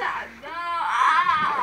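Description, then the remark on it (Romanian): A young boy cries and whimpers in a drawn-out, wavering wail while his father has him swim in water, the pitch sliding up and down through a continuous, fairly loud outburst. “Nu mai țipa.”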